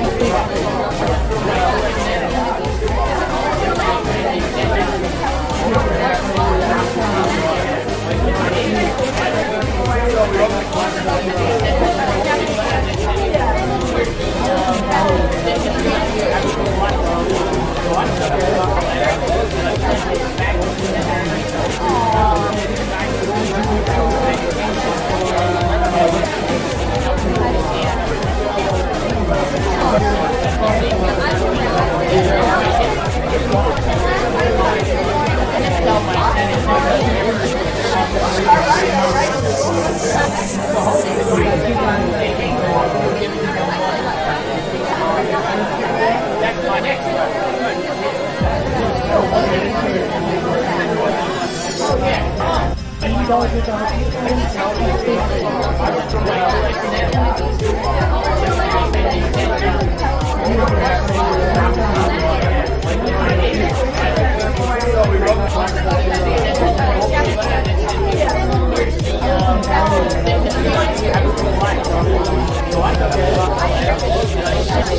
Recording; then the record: background sound without coughing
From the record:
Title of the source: Nightlife Party Simulating Party Club Noise 1 Hour